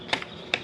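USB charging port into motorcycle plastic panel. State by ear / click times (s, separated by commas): seated / 0.5 s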